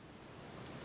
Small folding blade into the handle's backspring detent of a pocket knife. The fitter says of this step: it almost has a half stop but it doesn't really clicks into place really nice so it's not going to